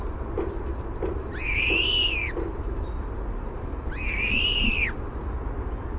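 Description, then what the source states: European Starling giving long drawn-out whistled notes, each rising then falling in an arch, two notes about two and a half seconds apart over steady low rumbling background noise. Male singing warbled song at a nest cavity, poking his head out of the cavity while his body stays inside.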